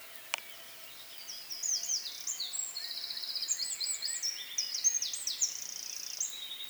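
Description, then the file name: Eurasian wren song: a brief click, then a long, loud, rapid sequence of high trills and sharp notes, steady and energetic throughout. "Troglodytes troglodytes"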